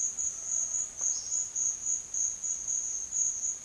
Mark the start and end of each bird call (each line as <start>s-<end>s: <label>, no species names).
0.85s-1.39s: bird call